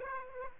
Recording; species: mosquito wingbeat signal from an infrared sensor; Aedes aegypti